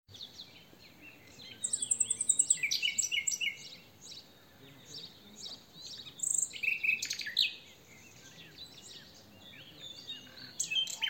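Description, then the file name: Common nightingale song: varied high phrases, including a fast rattle of repeated notes and short whistled bursts, with steady background hiss. "Luscinia megarhynchos"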